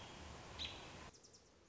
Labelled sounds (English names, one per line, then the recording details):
American Robin
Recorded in Sonoma County, California